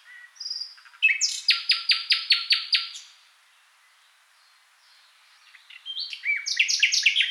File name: Nachtigall